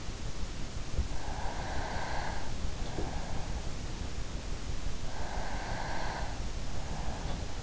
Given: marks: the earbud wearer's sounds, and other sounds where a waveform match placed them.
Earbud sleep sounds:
sounds in sleep by an in-ear microphone; breath
0.89-3.64 s: breath
5.07-7.63 s: breath

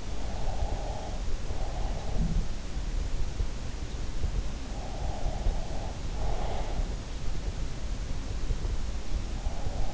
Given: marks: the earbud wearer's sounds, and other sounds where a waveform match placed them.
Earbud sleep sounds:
sounds in sleep by an in-ear microphone; breath
0.00-1.94 s: breath
4.97-6.69 s: breath

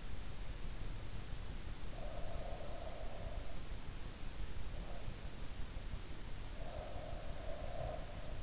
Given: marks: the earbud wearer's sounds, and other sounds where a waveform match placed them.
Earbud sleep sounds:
sounds in sleep by an in-ear microphone; breath
1.95-3.64 s: breath
6.55-8.43 s: breath

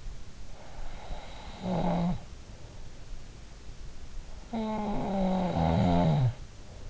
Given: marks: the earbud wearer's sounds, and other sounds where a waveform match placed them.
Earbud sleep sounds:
sounds in sleep by an in-ear microphone; snoring breath
1.02-2.90 s: snoring breath
3.99-6.90 s: snoring breath

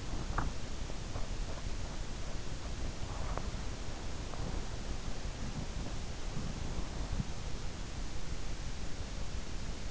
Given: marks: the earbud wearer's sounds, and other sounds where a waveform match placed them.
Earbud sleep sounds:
sounds in sleep by an in-ear microphone; body movement
0.00-7.40 s: body movement

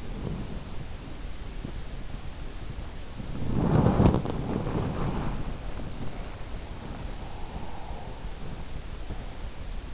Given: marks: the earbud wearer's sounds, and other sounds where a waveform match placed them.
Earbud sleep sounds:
sounds in sleep by an in-ear microphone; body movement
0.00-8.85 s: body movement

